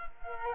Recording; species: mosquito wingbeat signal from an infrared sensor; Culex quinquefasciatus